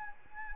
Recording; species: mosquito wingbeat signal from an infrared sensor; Anopheles arabiensis